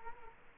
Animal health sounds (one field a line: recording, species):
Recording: mosquito wingbeat signal from an infrared sensor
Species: Culex quinquefasciatus